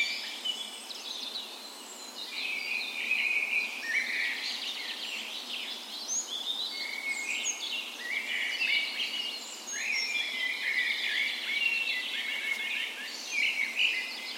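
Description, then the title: Dawn chorus, numerous birds warbling and chirping at once, with brief louder whistled phrases breaking through. Dawn chorus on the morning of 17 May, Norway's National Day, in a park west in Bergen, Norway, in spring; Sony PCM A10 recorder with LOM micro Usi mics as tree ears. "17th Of May Dawn Chorus"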